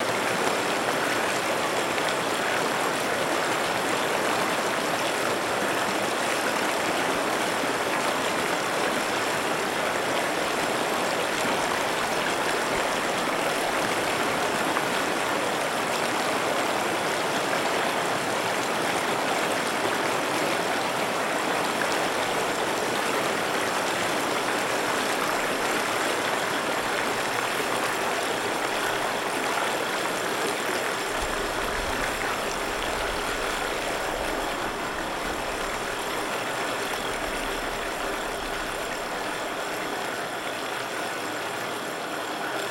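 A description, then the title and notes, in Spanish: Water flowing in a mountain river, a dense, steady rush that fills the whole 43 seconds without pause. The sound is bright and hissing with a constant churn underneath, and a slight low rumble rises in the last dozen seconds. La pieza está compuesta por una serie de registros realizados en diferentes localidades de la zona andina del Perú. Asimismo están las grabaciones de flujos de agua, ríos y lagunas de la sierra a más de 3.500 m.s.n.m. Para el registro se utilizaron distintos tipos de grabadoras y micrófonos.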